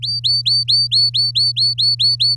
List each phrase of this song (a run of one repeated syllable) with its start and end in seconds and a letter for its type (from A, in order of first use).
0.03-2.35 A